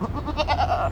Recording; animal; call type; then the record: contact call of a hoofed animal; goat; low-frequency (closed-mouth) or high-frequency (open-mouth) call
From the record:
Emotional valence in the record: negative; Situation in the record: short social isolation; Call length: 0.91 s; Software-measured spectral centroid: 1730 Hz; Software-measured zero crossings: 1220 a second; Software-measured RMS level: -24 dBFS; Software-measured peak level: -9 dBFS